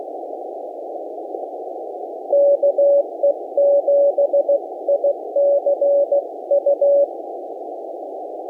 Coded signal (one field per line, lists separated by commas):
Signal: Morse code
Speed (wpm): 16 wpm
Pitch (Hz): 570 Hz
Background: none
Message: KE7ICU